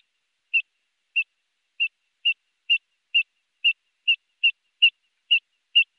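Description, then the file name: Eurasian dotterel giving about a dozen brief piping whistles, evenly spaced roughly every half second, against silence. "Fjallpipare"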